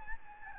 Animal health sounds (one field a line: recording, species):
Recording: mosquito wingbeat signal from an infrared sensor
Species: Aedes albopictus